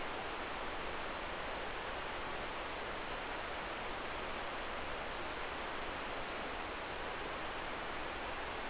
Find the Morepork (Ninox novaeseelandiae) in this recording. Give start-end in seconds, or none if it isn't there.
none